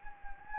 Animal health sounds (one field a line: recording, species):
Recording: mosquito wingbeat signal from an infrared sensor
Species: Anopheles gambiae